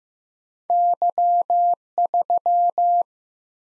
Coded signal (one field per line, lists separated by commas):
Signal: Morse code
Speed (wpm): 15 wpm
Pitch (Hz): 700 Hz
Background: none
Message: Y 3